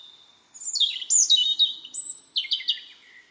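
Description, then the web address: Bird song, a fast varied phrase of high descending whistles and sharp chirps lasting under three seconds, over quiet background hiss. "Deverinetal 2025"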